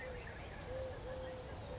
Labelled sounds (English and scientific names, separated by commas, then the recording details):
Eurasian Collared Dove (Streptopelia decaocto)
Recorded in Sonoma County, California